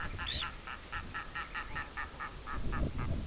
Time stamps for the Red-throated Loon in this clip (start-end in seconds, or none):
0.01-3.27